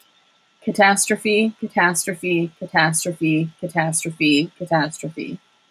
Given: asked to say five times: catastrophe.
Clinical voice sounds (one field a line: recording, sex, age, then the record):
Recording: repeated word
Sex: female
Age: 30 to 39 years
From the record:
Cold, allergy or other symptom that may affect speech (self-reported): no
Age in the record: 33 years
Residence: Minnesota, United States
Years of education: 13